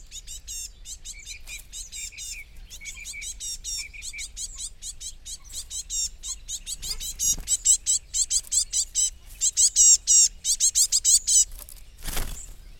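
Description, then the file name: Great tit chattering calls: a fast, dense run of high, buzzy chirps repeated several times a second, growing louder toward the end, with a brief low thump near the close. "Parus major"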